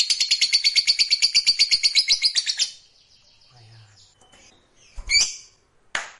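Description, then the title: Lovebird rapid chattering trill for under three seconds, then near silence broken by a few clicks and knocks. Fighter-type lovebird performing ngekek panjang, a long drawn-out trill. "Begitu Dengar Suara Lovebird FIGHTER NGEKEK PANJANG"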